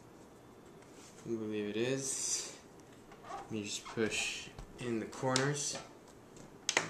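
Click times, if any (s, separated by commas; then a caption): 6.7 s. Someone talks while pressing the corners of a clear hard plastic Speck SeeThru snap-on case shell onto the lid of a MacBook laptop. A sharp snap sounds at 6.7 s, with a second quick tick right after, as the case corner seats on the laptop.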